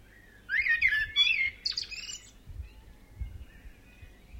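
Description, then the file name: Birds chirping in a quick burst of high, twittering notes with rapid warbled slides, then a few faint chirps over a low rumbling background. Several birds, some distant and some close. "Birds chirping distant and up-close"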